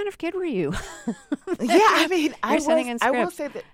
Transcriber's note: laughter